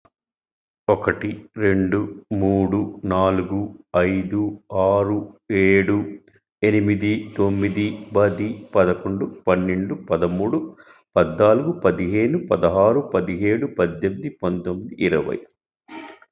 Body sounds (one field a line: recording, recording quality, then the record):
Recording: counting at a normal pace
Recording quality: excellent, no background noise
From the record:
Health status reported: healthy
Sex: male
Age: 54 years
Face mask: not worn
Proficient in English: yes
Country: India